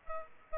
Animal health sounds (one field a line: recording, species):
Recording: mosquito wingbeat signal from an infrared sensor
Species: Aedes aegypti